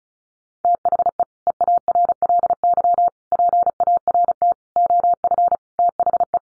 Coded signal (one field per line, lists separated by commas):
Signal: Morse code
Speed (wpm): 34 wpm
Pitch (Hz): 700 Hz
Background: none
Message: THE EARLY PART OF THE